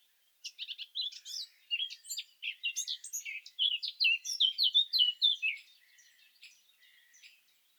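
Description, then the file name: Eurasian blackcap warbling song: a long run of rapid, varied chattering and twittering notes that swells louder mid-phrase, then fades into quieter notes. "Sylvia atricapilla"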